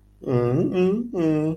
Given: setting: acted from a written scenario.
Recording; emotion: vocal sound without words; sympathy